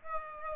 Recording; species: mosquito wingbeat signal from an infrared sensor; Aedes aegypti